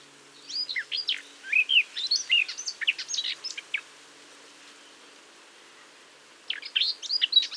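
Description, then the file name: Eurasian blackcap warbling, a rapid jumble of high scratchy and whistled notes for about three seconds, a long pause, then another burst begins. "Sylvia atricapilla"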